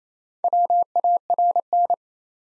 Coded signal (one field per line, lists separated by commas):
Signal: Morse code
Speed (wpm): 27 wpm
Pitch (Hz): 700 Hz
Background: none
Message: WARN